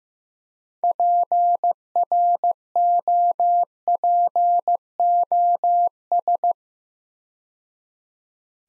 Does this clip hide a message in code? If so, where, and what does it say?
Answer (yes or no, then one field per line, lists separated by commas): yes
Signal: Morse code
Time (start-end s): 0.8-6.5 s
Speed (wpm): 15 wpm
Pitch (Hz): 700 Hz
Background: none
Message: PROPOS